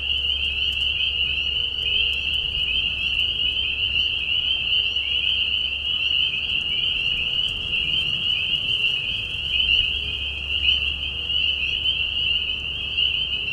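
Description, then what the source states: Spring peepers in full chorus, overlapping high whistled notes forming a steady piercing drone. Peeper frogs giving mating calls in a marsh at night during a very short spring season, Tiny Marsh Conservation Area, Tiny, Ontario; high whistles at low volume.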